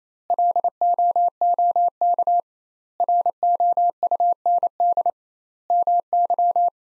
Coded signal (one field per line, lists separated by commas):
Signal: Morse code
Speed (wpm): 28 wpm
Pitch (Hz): 700 Hz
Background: none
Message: LOOK ROUND MY